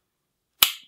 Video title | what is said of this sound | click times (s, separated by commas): The Beretta APX Tactical | you hear that click then | 0.6 s